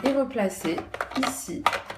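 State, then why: Not seated. Someone talks while the emptied plastic used-capsule container of a Nespresso Inissia coffee machine is pushed back into place, with light plastic handling clatter under the voice. Nothing has seated or clicked yet.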